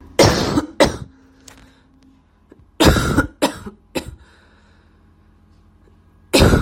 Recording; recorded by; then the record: voluntary cough; messaging app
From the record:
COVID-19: negative